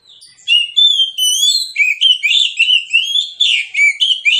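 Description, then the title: Oriental magpie-robin song, loud varied whistled phrases with rising and falling notes, delivered in rapid bursts with short pauses. Kacer in fighting mood, persistent full-volume song; also presented as relaxed therapy song for magpie-robins reluctant to sing. "Kacer Langsung Tarung Konslet KACER NGOTOT FULL TEMBAKAN. Kicau Kacer santaiterapi Kacer males bunyi"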